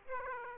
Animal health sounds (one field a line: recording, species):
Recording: mosquito wingbeat signal from an infrared sensor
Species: Aedes aegypti